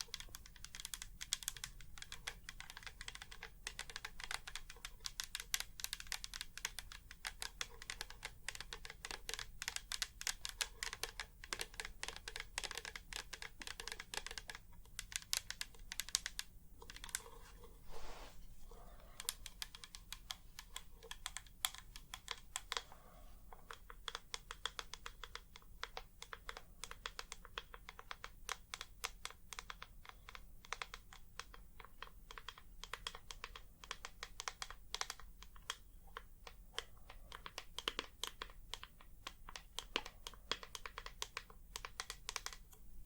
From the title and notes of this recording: ASMR 100% Tapping For SleepRelaxation (No Talking).